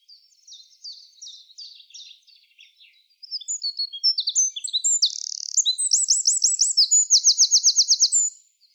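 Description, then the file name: Eurasian wren, soft high chips for three seconds, then a loud explosive song of rapid notes and buzzy trills lasting about five seconds. "Troglodytes troglodytes"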